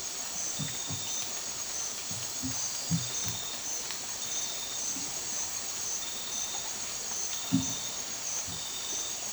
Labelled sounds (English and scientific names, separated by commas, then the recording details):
none
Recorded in dense forest near Puerto Asís, Putumayo, Colombia, on 20 December 2024 at 03:00
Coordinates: 0.467, -76.328
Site GP05